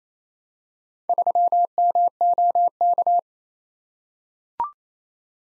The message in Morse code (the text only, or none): 3MOK